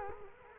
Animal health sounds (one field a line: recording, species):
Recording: mosquito wingbeat signal from an infrared sensor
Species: Culex quinquefasciatus